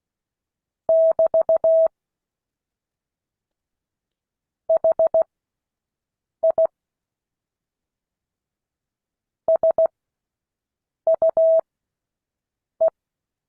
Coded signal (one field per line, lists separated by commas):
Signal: Morse code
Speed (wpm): 16 wpm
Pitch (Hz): 650 Hz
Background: none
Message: <BT> HI SUE